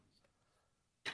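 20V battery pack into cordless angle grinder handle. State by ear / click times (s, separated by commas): not seated / none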